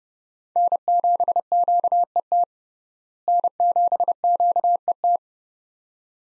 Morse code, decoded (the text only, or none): N7QET N7QET